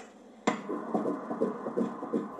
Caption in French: Première échographie officielle. Le gynéco leur fait entendre le cœur du bébé qui bat.